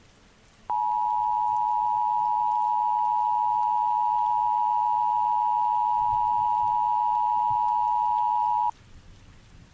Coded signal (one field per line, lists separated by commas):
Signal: Emergency Alert System (SAME) tones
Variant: 853 and 960 Hz attention tone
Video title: EAS Scenario - Hudson River Valley Flood